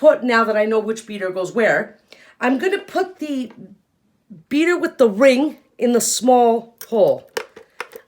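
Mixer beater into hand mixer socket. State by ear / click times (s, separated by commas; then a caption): partly seated / 7.8 s. Someone talks while pushing the beater with the ring into the small hole of a hand mixer, the wrong socket for it. A short, sharp snap is heard at 7.8 s, but it is weak and not very loud, marking the wrong placement.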